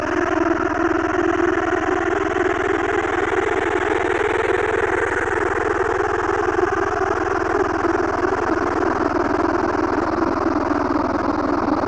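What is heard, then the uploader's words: A dense, synthetic insect swarm buzzes without pause, a thick droning hum layered with higher whining tones. The pitch bands drift slowly, rising gently around the middle and settling again, while the loudness stays constant throughout, engine-like. Digital Insect Swarm. Raw files from sonic exploration in late march.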